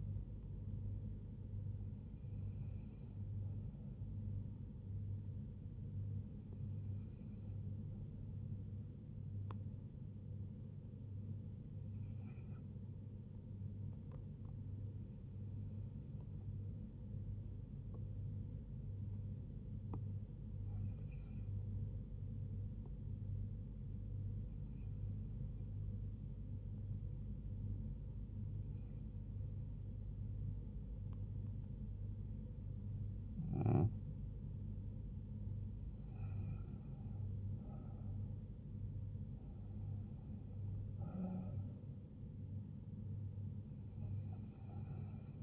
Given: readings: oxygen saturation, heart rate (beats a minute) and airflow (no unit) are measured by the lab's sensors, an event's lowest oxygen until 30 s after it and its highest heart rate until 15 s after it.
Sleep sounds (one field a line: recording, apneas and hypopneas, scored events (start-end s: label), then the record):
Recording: breathing in sleep by a smartphone at the bedside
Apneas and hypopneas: 1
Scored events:
5.00-35.00 s: new sleep stage, N2 (light sleep)
13.00-33.50 s: hypopnea (N2, oxygen 96% highest, then 91% lowest, heart rate 74 at the start, 78 highest)
35.00-45.42 s: new sleep stage, N1 (lightest sleep)
From the record:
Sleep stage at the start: N1 (lightest sleep)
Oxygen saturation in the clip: 92 to 96%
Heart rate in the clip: 73 to 78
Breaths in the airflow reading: 10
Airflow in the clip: -4.7 to 3.5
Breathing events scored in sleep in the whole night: 158 in 7.3 hours asleep